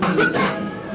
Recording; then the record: coughing mixed with background sound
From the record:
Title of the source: Barking cough - # 10